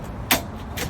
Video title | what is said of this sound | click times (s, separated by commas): Work Truck Upfit | And then you just pull the strap back. You'll hear it click at all of the stops. | 0.3 s